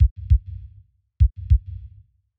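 Two deep lub-dub beats about 1.2 seconds apart, a slow rate near 50 a minute, each followed by a low rumbling tail that fades before the next beat. This is a steady, regular heartbeat sound effect.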